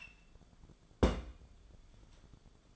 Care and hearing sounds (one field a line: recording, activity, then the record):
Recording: daily activity, microphone in the room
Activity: place on stove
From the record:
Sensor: 5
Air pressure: 1010.5 hPa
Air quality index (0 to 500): 108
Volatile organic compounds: 2 ppm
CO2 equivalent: 1063 ppm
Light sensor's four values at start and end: 557/1422/588/680 and 570/1441/599/693